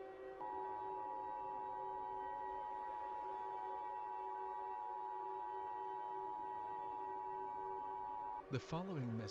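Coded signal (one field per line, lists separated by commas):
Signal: Emergency Alert System (SAME) tones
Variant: 853 and 960 Hz attention tone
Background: speech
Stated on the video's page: Fictional mini EAS scenario about extreme heat and cold, not a real alert.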